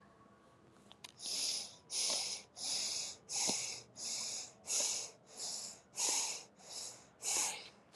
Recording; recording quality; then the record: shallow breathing; excellent, no background noise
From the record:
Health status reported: COVID-19 positive, mild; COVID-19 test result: positive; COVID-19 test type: rapid antigen test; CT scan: not taken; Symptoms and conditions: cough, sore throat, fever, fatigue, muscle pain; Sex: female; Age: 25 years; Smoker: no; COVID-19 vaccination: both doses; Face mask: not worn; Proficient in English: yes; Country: India